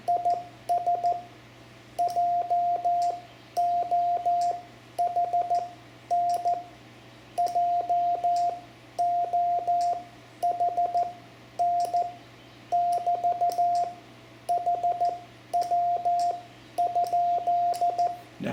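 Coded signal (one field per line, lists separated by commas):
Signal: Morse code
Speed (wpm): 14 wpm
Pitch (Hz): 700 Hz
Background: radio noise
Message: IS JOHN JOHN <BT> HW?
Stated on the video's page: Lesson example of calling CQ and a basic CW QSO for new amateur operators.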